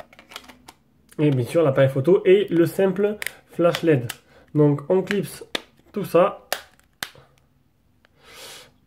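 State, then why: Seated. Someone talks while the plastic back cover of an Archos 50 Helium Plus smartphone is slid and pressed onto the body after the SIM and microSD cards go in. A single sharp snap at 7.0 s marks the cover clipping on and seating. A few faint ticks follow.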